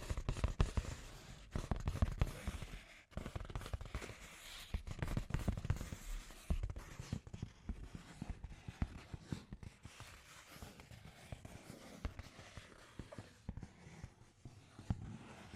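Scratchy tapping runs throughout, a dense stream of sharp clicks and scrapes with uneven timing. The first six seconds are louder and busier, with frequent strong taps and a brief pause near three seconds; after that the tapping thins and softens, with occasional bursts.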